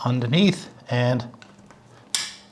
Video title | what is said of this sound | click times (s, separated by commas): Sidekick Fat/Trail PRO 2.0 Unboxing & Assembly | click into place and if you ever need to remove it just press the little metal piece and pull it off | 2.2 s